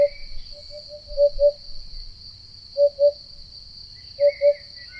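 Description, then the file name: Eurasian hoopoe hooting low, hollow 'oop-oop' notes in repeated pairs, with a continuous high insect drone behind. "Chant-de-la-Huppe-fasciée-Upupa-Epops"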